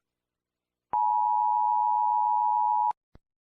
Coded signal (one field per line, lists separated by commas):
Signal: Emergency Alert System (SAME) tones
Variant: 853 and 960 Hz attention tone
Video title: EAS Scenario | The fall of Libyan Regime (2011)